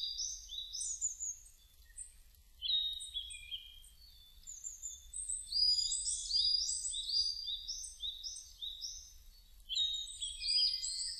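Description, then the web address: Birds twittering in quick, high-pitched chirps and slurred notes, bursts building into dense chattering runs with brief pauses between them. Recorded 2 May 2005. "2005 050502 saezuri"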